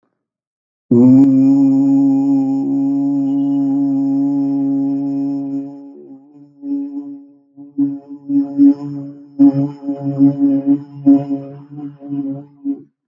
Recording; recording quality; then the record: sustained vowel as in boot; excellent, no background noise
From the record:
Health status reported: healthy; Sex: male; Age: 57 years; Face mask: not worn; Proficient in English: yes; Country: India